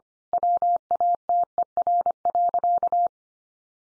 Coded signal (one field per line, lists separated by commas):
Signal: Morse code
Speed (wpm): 25 wpm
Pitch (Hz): 700 Hz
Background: none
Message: WATER.